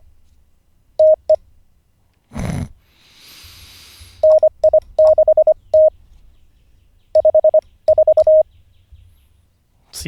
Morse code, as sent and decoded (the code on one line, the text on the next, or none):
- . / -. .. -.... - / ..... ....-
TE NI6T 54